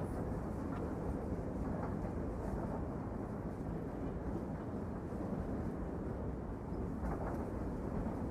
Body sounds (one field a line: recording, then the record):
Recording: background sound without coughing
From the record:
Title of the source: Train Ride Ambience ambient white noise for sleeping, focus, studying, reading